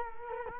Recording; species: mosquito wingbeat signal from an infrared sensor; Culex quinquefasciatus